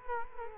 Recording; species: mosquito wingbeat signal from an infrared sensor; Culex quinquefasciatus